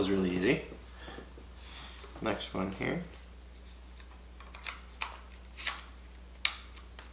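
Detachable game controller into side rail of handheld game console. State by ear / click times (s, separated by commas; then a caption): seated / 6.5 s. Someone talks, then a second detachable game controller is slid down the side rail of a handheld game console with a few light sliding ticks. It locks in with a sharp click at 6.4 s, and the controller is seated.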